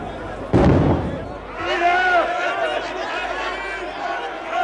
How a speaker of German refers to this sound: Die Tiefenbacher taten den Schuss. Auf wen?